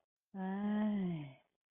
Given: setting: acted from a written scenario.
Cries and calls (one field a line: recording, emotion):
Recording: vocal sound without words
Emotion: sympathy